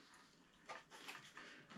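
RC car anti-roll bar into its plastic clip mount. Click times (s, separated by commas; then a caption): 1.4 s. On the front end of a Team Magic K Factory RC car, the anti-roll (stabilizer) bar is pressed into its plastic clip mount, with rustling handling noise and a short click at 1.4 s. The bar clips in at the back only and is not yet fully in place.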